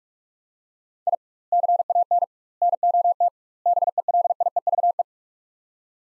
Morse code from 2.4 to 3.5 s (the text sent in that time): NOT